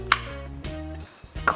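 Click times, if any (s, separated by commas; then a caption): 0.1 s. A pistol is pushed into a Kydex inside-the-waistband holster and snaps past the retention with a sharp, bright click at 0.1 s, meaning the gun is fully seated. Steady tonal music plays underneath, and another sharp snap is heard at 1.5 s.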